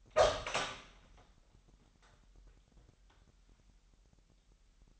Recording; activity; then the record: daily activity, microphone in the room; open door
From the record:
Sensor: 3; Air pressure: 998.4 hPa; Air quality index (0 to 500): 137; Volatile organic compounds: 4 ppm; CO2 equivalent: 1643 ppm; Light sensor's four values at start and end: 15/41/17/16 and 15/41/17/17